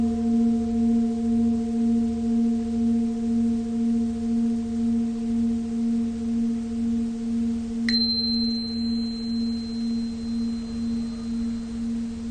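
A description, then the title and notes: A Tibetan singing bowl hums with a low, gently pulsing drone, and near eight seconds a bright metallic strike rings out and slowly fades. Tibetan Singiing Bowl のサウンドヒーリングチャンネル LIVE.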